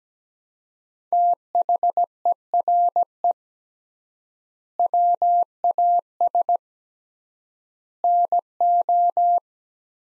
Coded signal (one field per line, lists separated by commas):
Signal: Morse code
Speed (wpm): 17 wpm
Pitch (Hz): 700 Hz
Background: none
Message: THERE WAS NO